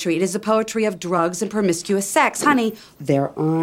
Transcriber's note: none